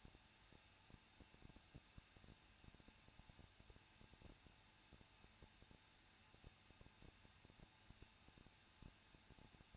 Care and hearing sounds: daily activity, microphone in the room; no activity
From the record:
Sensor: 2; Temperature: 21.0 degrees Celsius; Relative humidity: 37.5%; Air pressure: 1006.2 hPa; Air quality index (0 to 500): 224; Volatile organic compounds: 25 ppm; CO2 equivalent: 2847 ppm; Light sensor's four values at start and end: 2/3/2/2 and 2/3/2/2

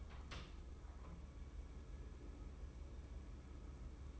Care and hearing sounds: daily activity, microphone in the room; open door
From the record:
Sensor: 1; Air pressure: 1015.2 hPa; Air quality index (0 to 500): 133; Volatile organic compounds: 5 ppm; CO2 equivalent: 1831 ppm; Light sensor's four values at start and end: 14/33/14/15 and 14/33/14/15

